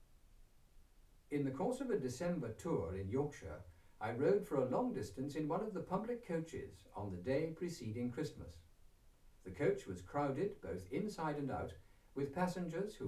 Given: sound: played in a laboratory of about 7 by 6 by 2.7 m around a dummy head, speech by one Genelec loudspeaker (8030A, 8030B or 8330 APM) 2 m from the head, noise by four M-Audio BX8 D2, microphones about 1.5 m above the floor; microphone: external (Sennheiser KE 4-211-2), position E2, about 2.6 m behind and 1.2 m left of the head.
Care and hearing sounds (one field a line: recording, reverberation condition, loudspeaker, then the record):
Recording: male speech in English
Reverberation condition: low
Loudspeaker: 30 degrees to the left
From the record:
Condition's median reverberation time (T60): about 310 ms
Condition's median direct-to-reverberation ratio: about 3.5 dB